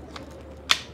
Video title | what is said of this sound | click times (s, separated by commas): Shoot Like A Girl: Empowering Women in the Shooting Sports (NRAAM 2023) | now with your left hand you're going to grab the magazine you're going to insert it inside of the magazine well here until it clicks | 0.7 s